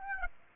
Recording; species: mosquito wingbeat signal from an infrared sensor; Aedes aegypti